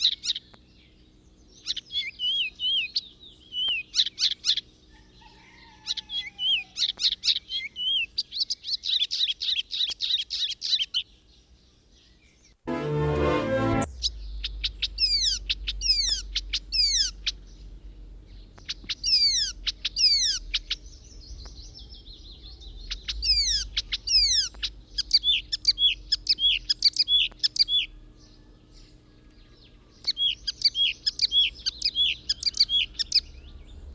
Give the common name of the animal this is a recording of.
Icterine Warbler